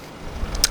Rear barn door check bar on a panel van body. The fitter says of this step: like that one just there so say that will lock into place there at 90 degrees